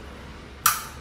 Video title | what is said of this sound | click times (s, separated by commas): Unboxing kompor NATUREHIKE -- NH20RJ001 | like this until it clicks ok okay a | 0.7 s